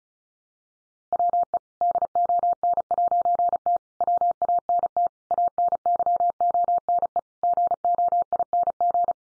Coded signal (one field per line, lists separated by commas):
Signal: Morse code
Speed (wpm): 34 wpm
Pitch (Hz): 700 Hz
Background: none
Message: WE DON'T WANT ANYONE GOING